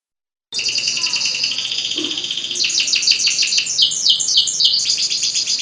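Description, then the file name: Canary singing a continuous high trilled song, a steady buzzy roll breaking into faster pulsed trills and bright chattering phrases. Standard canary song. "suara kicauan kenari standar. omkicau"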